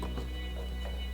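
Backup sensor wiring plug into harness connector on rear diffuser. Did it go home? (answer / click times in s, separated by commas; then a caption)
no / none. While the rear diffuser for a 2015-2023 Challenger SRT Track Package is held up, a backup sensor wiring plug is being handled at its harness connector, ahead of being pushed in until it clicks and having its red locking tab pressed in. A steady low hum runs throughout, with a few faint, soft handling sounds. Nothing has seated or clicked yet.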